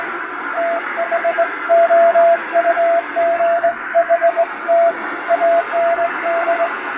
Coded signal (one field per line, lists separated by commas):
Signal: Morse code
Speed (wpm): 20 wpm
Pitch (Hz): 680 Hz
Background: radio noise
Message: THOUGHT AND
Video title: モールス符号を利用した短波通信を再現！ラジオで聴こえたモールス無線電報！気持ち良い音色です。ノイズとフェージングを加えています。アマチュア無線の受信練習にどうぞ morse code practice